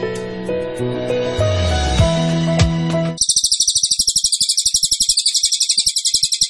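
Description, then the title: Cililin: tonal electronic-sounding notes fill the first three seconds, then a cililin launches into a sharp, high, rapidly pulsed trill that continues to the end. Cililin song, used to teach songbirds. "Cililin AMPUH. Masteran Burung cililin masteran sang juara"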